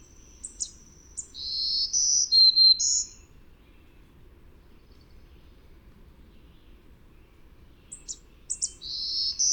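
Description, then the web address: Black-throated green warbler singing high, buzzy, wheezy notes at varying pitch, one full song near the start and another beginning at the end, with quiet low background hum. North America. "Songs of Birds of North America Know Your Bird Sounds Common Western Species 35-Black-throated Green Warbler"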